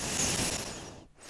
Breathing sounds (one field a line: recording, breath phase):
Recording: one breath near a microphone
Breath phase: exhalation